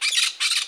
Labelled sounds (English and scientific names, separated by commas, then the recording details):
Brown-throated Parakeet (Eupsittula pertinax) contact call
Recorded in Margarita
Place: San Francisco, near stadium
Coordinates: 11.018, -64.294